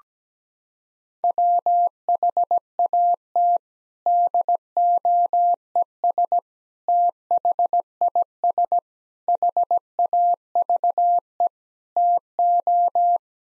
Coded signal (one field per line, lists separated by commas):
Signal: Morse code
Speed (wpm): 17 wpm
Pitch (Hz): 700 Hz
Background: none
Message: WHAT DOES THIS HAVE TO